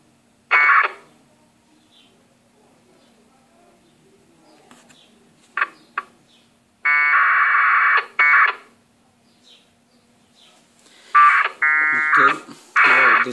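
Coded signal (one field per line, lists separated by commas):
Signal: packet radio (AX.25, as in APRS)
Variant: 1200 baud AFSK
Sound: about seven short harsh buzzy data bursts separated by quiet gaps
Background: low hum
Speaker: a lot of the channels are busy this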